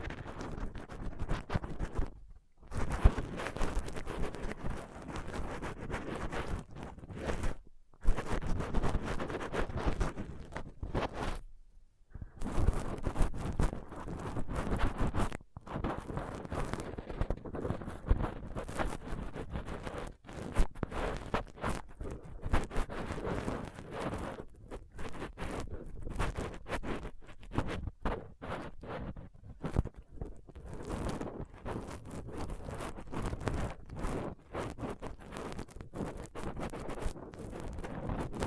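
A dental pick, tweezers and a cotton swab scrape and pick at a microphone, making dense, gritty, crackling scratches with a full low rumble. The scraping runs in long bursts broken by brief silences near 2, 8, 12 and 15 seconds.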